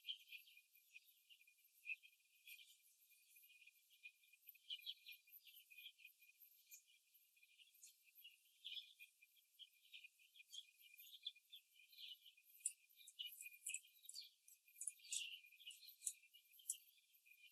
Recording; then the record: young laying hens in a cage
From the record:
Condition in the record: before the stressor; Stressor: simulated dog barking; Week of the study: 2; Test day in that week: 3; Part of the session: 4